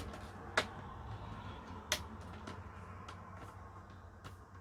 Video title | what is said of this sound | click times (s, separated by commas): Replacing a GEO540 Laptop Screen - Should apply to any 14" LED Laptop Screen | And you'll know when it goes in, as it will make a satisfying click like that. | 0.6 s, 1.9 s